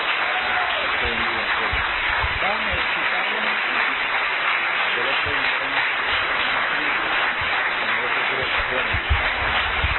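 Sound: audience applause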